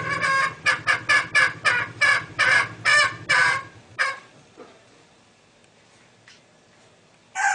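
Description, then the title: Green junglefowl hen giving a rapid run of harsh clucking notes over about four seconds, then near silence before a single loud note at the end. Female. "Suara Ayam Hutan Betina. suara ayam hutan hijau"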